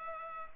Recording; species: mosquito wingbeat signal from an infrared sensor; Culex pipiens